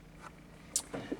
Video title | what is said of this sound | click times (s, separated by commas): MP161 instruction | and then push it in till you hear it snap and that takes care of that | 0.8 s